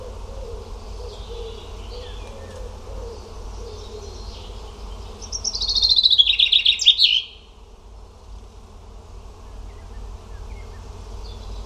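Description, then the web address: Bird song: a high, fast trill of notes that slides downward over about two seconds, with a low steady hum underneath. "cianscape birddata Deverinetal 2025 Bird Only"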